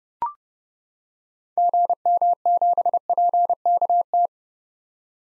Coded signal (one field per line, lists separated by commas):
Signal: Morse code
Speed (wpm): 30 wpm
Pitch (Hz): 700 Hz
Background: none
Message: GM7PKT